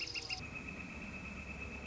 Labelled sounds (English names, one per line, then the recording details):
Northern Flicker
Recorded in Sonoma County, California